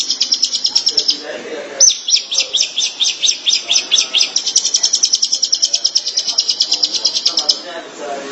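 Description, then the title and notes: Long-tailed Shrike delivering continuous rapid, scratchy high-pitched chatter in long runs, with a short gap early on and quiet lower sounds beneath. "Suara burung pentet"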